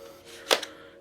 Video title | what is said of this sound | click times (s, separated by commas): UPGRADE YOUR STOCK?! - Building Your Build Ep. 3 - Airsoft GI | you're locked into place and you're good to go | 0.5 s